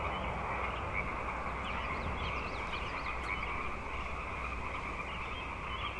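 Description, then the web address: Frog chorus, dense and continuous, many overlapping croaks with quick rising chirps scattered through the middle. Frog chorus on Grafton Lake, recorded 3 May 2009. "The Frog Chorus Tunes Up On Grafton Lake frogs edit 090503"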